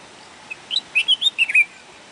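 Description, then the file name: Bulbul song phrase of several liquid, slurred whistled notes in quick succession, clear against faint hiss. "طائر البلبل"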